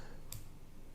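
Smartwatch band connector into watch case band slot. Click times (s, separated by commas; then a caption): 0.3 s. The lower band's connector of an Apple Watch Series 9 is slid sideways all the way into the watch case's band slot. A single short, sharp click sounds at 0.3 s over a quiet background, and the band locks firmly in place.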